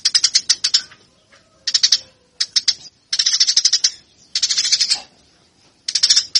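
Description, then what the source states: Eurasian tree sparrow giving short separated bursts of quick, sharp chirps with quiet gaps between them. Fighting (tarung) sparrow calls.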